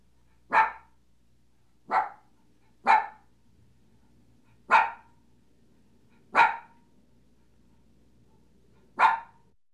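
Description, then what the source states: Dog barking: six short, sharp barks spaced irregularly across about ten seconds, each bark bright and clipped, over an otherwise quiet background. Puppy barking.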